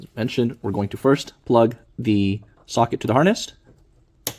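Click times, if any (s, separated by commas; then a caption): 4.3 s. A side marker light socket from Unity Performance V3 side marker lights is plugged into the vehicle wiring harness connector while someone talks. A single sharp click at 4.3 seconds shows the socket has seated in the harness.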